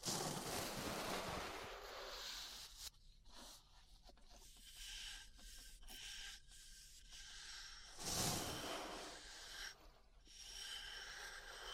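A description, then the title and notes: Ear brushing: soft bristly swishes and scrapes, loudest and fullest in the first two seconds and again in a sharp burst around eight seconds. In between, lighter irregular rustling and faint scratchy strokes continue at a lower level with brief pauses. ASMR Relaxing 3Dio Ear Brushing (No Talking).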